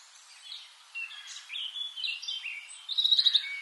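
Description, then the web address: European robin song, faint thin high warbled phrases building to a louder rapid sparkling trill near the end. "SETE Erithacus rubecula"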